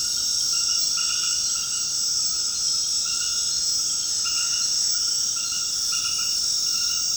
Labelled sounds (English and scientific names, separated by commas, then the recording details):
none
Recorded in secondary vegetation near Puerto Asís, Putumayo, Colombia, on 20 February 2024 at 20:30
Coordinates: 0.472, -76.331
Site G6371